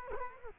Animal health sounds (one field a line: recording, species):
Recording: mosquito wingbeat signal from an infrared sensor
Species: Culex quinquefasciatus